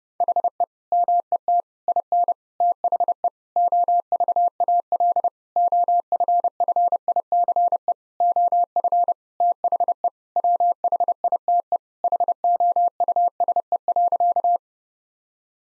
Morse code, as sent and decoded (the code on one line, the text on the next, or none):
.... . / -- . - / .. -. / - .... . / --- ...- .- .-.. / --- ..-. ..-. .. -.-. . / --- ..-. / - .... . / .-- .... .. - . / .... --- ..- ... . .-.-.-
HE MET IN THE OVAL OFFICE OF THE WHITE HOUSE.